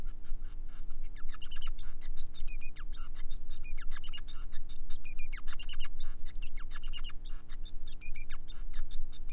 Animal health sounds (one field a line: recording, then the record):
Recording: song of a male Bengalese finch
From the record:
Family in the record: son of father 5